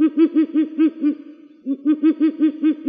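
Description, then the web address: Ural owl calling: a series of low, hollow, barking hoots about five per second, a brief pause, then the series resumes in the same steady rhythm. "Strix uralensis"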